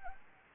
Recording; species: mosquito wingbeat signal from an infrared sensor; Anopheles arabiensis